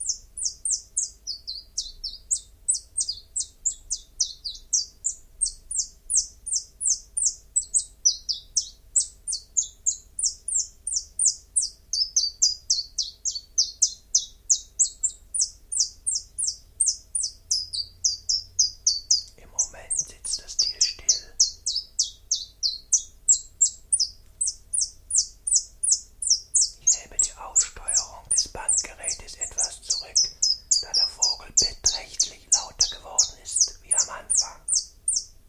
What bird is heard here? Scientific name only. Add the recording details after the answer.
Phylloscopus collybita. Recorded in captivity. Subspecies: collybita. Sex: male. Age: adult. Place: Zoologisches Institut Universität Tübingen, Baden-Württemberg, DE. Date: 1963-03-28. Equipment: LGS26. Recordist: Schneider, Hans-Joachim. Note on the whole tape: Gesänge von einem Männchen